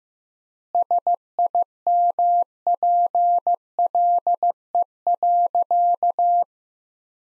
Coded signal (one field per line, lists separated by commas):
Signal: Morse code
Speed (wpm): 15 wpm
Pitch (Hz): 700 Hz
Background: none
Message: SIMPLE.